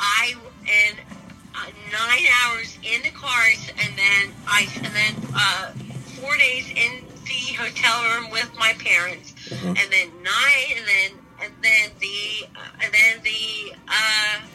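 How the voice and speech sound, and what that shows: Adult woman with aphasia and a traumatic brain injury, speaking while ill with COVID-19. Her speech is halting, with pauses, word-finding hesitations and repeated fillers such as "and then" and "uh-huh" strung between short phrases.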